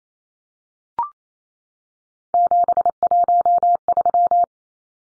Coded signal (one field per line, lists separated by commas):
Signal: Morse code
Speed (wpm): 28 wpm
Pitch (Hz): 700 Hz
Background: none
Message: 713